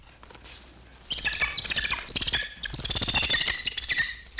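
Bats chirping, a sudden rush of shrill, overlapping squeaks and twitters that keeps going steadily after a quieter opening second.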